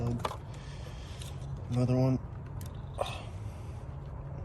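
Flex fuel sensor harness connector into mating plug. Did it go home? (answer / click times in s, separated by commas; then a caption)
no / none. A second plastic harness connector for a flex fuel sensor, part of a flex fuel kit for a Q50/Q60/Z, is pushed into its mating plug while someone talks. Only brief faint ticks and scrapes are heard, and the connector has not clicked into place yet, though it is accepted as fine.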